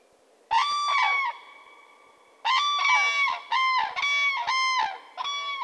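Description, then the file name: Common crane giving loud, harmonic trumpeting calls: one doubled call, a pause, then a rapid series of bugling notes. "grus grus"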